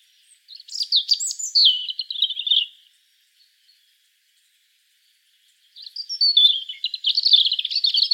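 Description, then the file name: Song of a European robin: a cascading phrase of high thin notes, a silence of about three seconds, then a rapid trilled phrase that runs to the end. "Erithacus rubecula"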